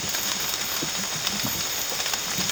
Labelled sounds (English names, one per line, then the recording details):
none
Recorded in dense forest near Puerto Asís, Putumayo, Colombia, on 8 March 2025 at 03:00
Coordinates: 0.486, -76.317
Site G053